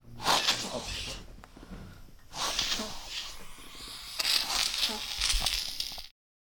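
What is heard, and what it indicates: Three bursts of harsh, hissing suction over about six seconds, with wet gurgling and rattling mixed in: phlegm being vacuumed out of an adult's tracheostomy breathing hole, clearing secretions from the airway.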